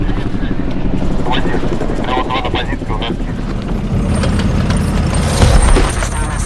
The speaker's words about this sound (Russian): Наблюдение за объектом также ведут боевые вертолеты.